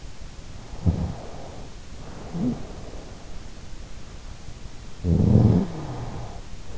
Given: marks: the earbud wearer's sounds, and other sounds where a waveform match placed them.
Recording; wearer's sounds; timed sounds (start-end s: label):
sounds in sleep by an in-ear microphone; snoring breath
0.71-3.47 s: snoring breath
4.90-6.72 s: snoring breath